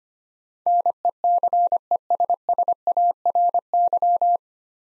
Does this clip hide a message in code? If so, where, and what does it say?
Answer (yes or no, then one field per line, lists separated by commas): yes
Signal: Morse code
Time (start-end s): 0.7-4.4 s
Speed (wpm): 25 wpm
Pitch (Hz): 700 Hz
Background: none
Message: NECESSARY